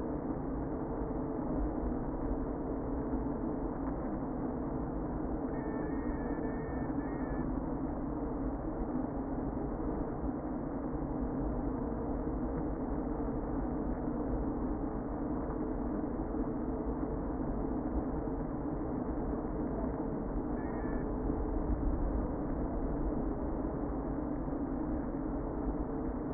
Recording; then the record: honeybee colony, microphone inside the hive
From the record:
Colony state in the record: queen present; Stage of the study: before two queens were removed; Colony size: about 60,000 bees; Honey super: yes